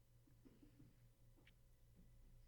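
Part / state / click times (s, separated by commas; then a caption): landing gear module into drone airframe slot / not seated / none. A plastic landing gear module is handled and slid down toward its slot on a Typhoon H drone airframe, with faint, light plastic ticks over a steady low hum. Nothing has seated or clicked yet; the module is not yet locked in place.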